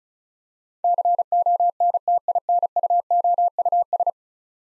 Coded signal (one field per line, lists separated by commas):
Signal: Morse code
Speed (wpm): 36 wpm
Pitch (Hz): 700 Hz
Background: none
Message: CONTINUOUS